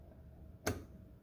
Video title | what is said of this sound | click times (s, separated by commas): Triple Beam Balance (Crash Course) | did you hear that click let do it one more time a little bit louder | 0.7 s